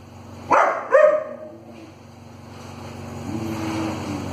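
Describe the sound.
German Shepherd dog giving two sharp barks in quick succession, with vehicle noise in the background.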